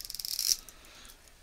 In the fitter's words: gear of some sort on the inside so as you bend it it actually clicks into place